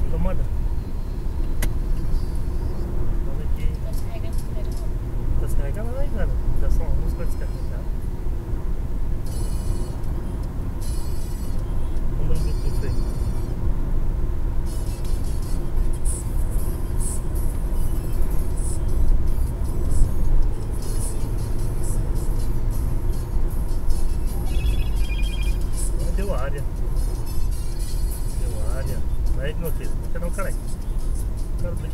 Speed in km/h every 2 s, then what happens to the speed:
101, 101, 100, 99, 100, 101, 102, 102, 102, 103, 104, 102, 96, 90, 84, 80.
0-21 steady at about 101. 21-32 slows to 80.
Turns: none.